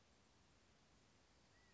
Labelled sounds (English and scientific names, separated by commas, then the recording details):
California Quail (Callipepla californica)
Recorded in Sonoma County, California